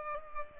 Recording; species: mosquito wingbeat signal from an infrared sensor; Culex pipiens